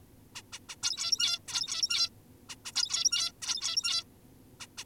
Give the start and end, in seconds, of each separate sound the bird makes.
0.35-0.42, 0.53-0.59, 0.69-0.76, 0.83-1.40, 1.48-2.10, 2.49-2.56, 2.65-2.72, 2.76-3.32, 3.42-4.04, 4.60-4.67, 4.78-4.84